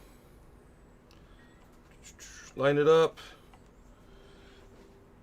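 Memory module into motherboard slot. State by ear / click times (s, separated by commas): not seated / none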